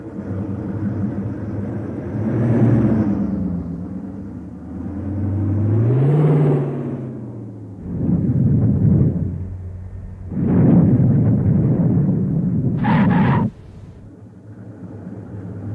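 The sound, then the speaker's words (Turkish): A stuck car tries to pull free after gravel is shovelled under its tires: the engine revs loudly twice, each rise and fall a rough drone, then the tires grind through the gravel in two long crunching bursts before a brief high whine cuts off. “Şuradaki çakılları lastiklerin altına döktük mü... oldu işte. Hadi şimdi dene bakalım.”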